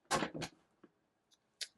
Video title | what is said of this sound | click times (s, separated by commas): KEFEYA D1 23.8in 1080P Portable Monitor | Clicked right in place. | 0.4 s, 0.8 s